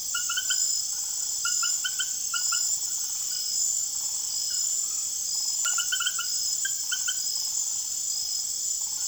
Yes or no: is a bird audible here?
no